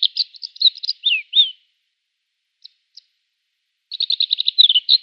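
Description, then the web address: Kordofan lark song of rapid high chirps with downslurred whistles, a long silent gap broken by two tiny ticks, then another fast stuttering series of notes. "Schulze Peter Kordofan Lark song"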